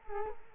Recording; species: mosquito wingbeat signal from an infrared sensor; Culex quinquefasciatus